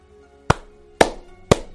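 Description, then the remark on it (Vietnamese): Three sharp, evenly spaced hand claps, about half a second apart, ringing out loudly on their own with no one speaking, like a slow, deliberate clap. “Nhưng lúc này tiếng vỗ tay lại vang lên.”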